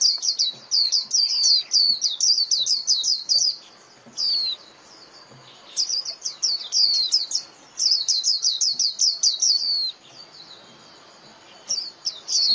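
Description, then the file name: White-eye repeating quick bursts of high, sharp chirps, several runs with brief pauses, notes slurring downward. Lure call (mồi) used for trapping white-eyes. "Tieng khuyen moi"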